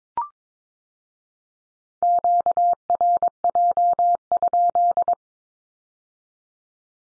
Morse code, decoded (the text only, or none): QRJ?